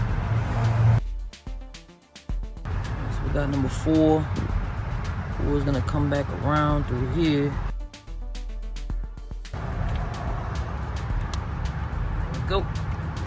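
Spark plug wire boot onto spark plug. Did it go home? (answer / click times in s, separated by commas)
yes / 11.3 s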